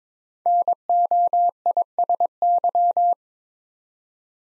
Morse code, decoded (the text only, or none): NOISY